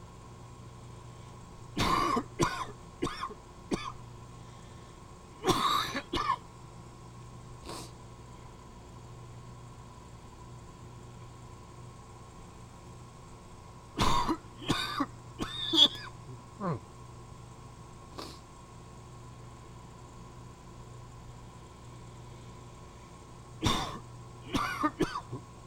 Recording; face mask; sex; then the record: voluntary coughing; surgical mask; male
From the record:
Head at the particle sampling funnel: tilted down, bridge of the nose in front of it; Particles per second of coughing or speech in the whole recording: 112